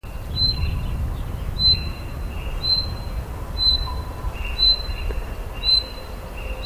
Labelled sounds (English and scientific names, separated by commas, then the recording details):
Common Chaffinch (Fringilla coelebs) call
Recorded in the wild
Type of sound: call
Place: Brand, Alpen, Vorarlberg, AT
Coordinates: 47.0839, 9.70417
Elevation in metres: 1604
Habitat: coniferous forest
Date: 2010-07-20 12:18
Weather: sunny, 20°C, weak winds
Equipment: Sound Devices 702, Sennheiser MKH 70, Rycote Windschutz
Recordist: Frommolt, Karl-Heinz
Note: Fichtenwald bei Oberer Brügelle Alpe: Rufreihe eines Buchfinken. Tier gesehen. Entfernung 25 m. Geschlecht konnte nicht klar identifiziert werden